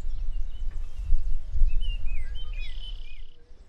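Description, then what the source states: Baltimore Oriole singing, short clear slurred whistles in a loose phrase, over a steady low rumble of wind or background noise. Wild bird singing overhead at a birding boardwalk in Northwest Ohio, USA, May 2018.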